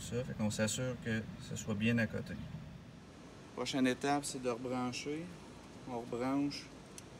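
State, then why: Seated. Someone talks while reconnecting the electrical connector into its socket on the brake caliper of a Tesla Model 3 during brake maintenance, pushing the plug home. A short, sharp click at 6.9 s shows the connector has seated.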